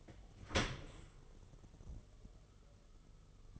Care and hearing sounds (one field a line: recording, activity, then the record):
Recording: daily activity, microphone in the room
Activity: open dishwasher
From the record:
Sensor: 4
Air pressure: 1015.9 hPa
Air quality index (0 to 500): 110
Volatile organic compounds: 2 ppm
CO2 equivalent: 1237 ppm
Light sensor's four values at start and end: 8/18/7/7 and 8/18/7/7